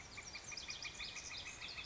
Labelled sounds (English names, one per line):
Northern Flicker